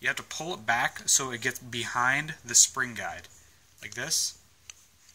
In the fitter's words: like click into place a little bit there you go